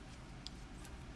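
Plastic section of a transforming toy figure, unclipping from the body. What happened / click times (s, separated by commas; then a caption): The plastic section snapped free of its peg / 0.5 s. A plastic section of a Transformers Studio Series 78 Deluxe Class Sideswipe transforming action figure is pulled away from its peg or clip on the body during transformation. A short, sharp click sounds at 0.5 s over low background rumble as the panel pops free and is released.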